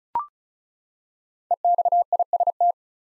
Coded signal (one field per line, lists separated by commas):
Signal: Morse code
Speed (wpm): 34 wpm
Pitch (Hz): 700 Hz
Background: none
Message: EXIST